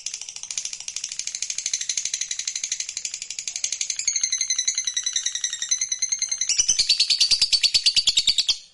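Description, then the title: Lovebird song: a long, unbroken buzzy trill of rapid pulses, shifting pitch slightly partway through and growing louder near the end. Lovebird reluctant to sing, recording meant to stimulate it into spontaneous, fierce singing and long trilling (narik). "LOVEBIRD Malas Bunyi JADI GREGET SPONTAN Langsung NARIK"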